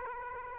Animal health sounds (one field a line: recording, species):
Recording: mosquito wingbeat signal from an infrared sensor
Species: Aedes aegypti